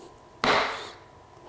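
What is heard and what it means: A click-lock floor plank with a gap is pressed home into the adjoining plank, giving one loud, sharp snap at 0.4 s that fades over about half a second before quiet returns. The click lock seats and the gap closes.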